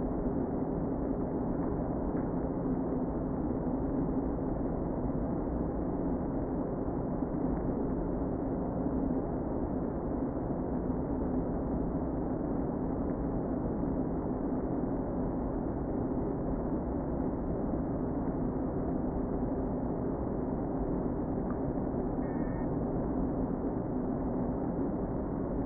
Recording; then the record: honeybee colony, microphone inside the hive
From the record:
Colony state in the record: queen present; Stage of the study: before two queens were removed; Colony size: about 60,000 bees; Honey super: yes